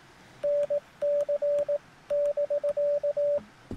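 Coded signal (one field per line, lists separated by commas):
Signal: Morse code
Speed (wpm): 18 wpm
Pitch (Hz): 580 Hz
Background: radio noise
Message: NC <BK>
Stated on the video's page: CW on a crowded, shifty 40 metre band during an outdoor Parks on the Air activation, mostly hunting other parks.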